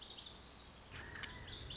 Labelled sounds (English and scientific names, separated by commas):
Lazuli Bunting (Passerina amoena)